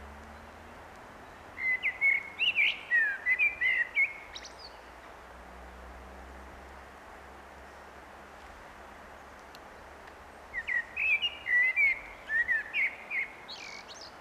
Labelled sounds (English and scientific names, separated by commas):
Common Blackbird (Turdus merula) song